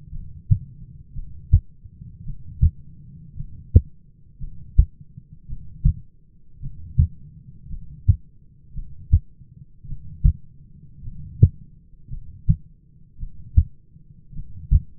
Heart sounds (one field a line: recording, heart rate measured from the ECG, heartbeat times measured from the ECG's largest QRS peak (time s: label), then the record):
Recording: heart sounds by stethoscope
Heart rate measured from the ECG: 55 bpm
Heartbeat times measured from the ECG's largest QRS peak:
0.11 s: heartbeat
1.14 s: heartbeat
2.25 s: heartbeat
3.36 s: heartbeat
4.39 s: heartbeat
5.48 s: heartbeat
6.61 s: heartbeat
7.69 s: heartbeat
8.74 s: heartbeat
9.87 s: heartbeat
11.03 s: heartbeat
12.09 s: heartbeat
13.18 s: heartbeat
14.34 s: heartbeat
From the record:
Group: heart failure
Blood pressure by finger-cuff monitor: 104/63 mmHg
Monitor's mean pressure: 76 mmHg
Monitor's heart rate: 55 bpm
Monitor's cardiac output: 6.1 L/min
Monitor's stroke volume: 111 mL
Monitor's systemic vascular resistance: 890 dyn s/cm5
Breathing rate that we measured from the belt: 14 breaths a minute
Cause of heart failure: dilated cardiomyopathy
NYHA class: 2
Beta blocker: bisoprolol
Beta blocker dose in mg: 10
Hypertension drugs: sacubitril-valsartan, spironolactone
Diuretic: furosemide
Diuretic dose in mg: 40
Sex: male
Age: 29 years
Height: 174 cm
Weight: 92 kg